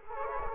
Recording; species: mosquito wingbeat signal from an infrared sensor; Culex quinquefasciatus